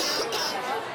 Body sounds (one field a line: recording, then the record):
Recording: coughing mixed with background sound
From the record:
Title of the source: November cold (wet coughing)